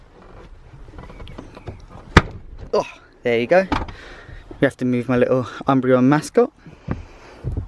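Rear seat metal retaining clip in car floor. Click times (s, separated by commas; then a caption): 2.2 s. The rear seat of an EP3 Type R hatchback is removed for weight reduction and released from its metal retaining clip in the car floor. A sharp click sounds at 2.2 s as the clip opens and the seat comes free, after a few faint knocks. Someone talks throughout.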